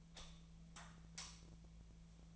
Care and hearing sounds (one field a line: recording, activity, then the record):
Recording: daily activity, microphone in the room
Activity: light off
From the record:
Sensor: 1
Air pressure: 1009.9 hPa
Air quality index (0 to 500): 190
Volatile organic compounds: 18 ppm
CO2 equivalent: 2604 ppm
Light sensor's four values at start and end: 46/128/53/61 and 36/92/38/47